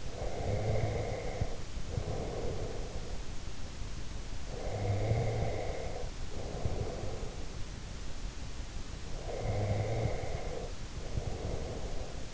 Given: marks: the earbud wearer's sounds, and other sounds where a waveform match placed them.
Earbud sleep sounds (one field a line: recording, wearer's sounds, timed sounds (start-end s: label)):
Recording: sounds in sleep by an in-ear microphone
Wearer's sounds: breath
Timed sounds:
0.00-3.38 s: breath
4.35-7.41 s: breath
9.23-12.34 s: breath